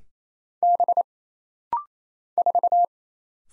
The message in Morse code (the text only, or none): B 4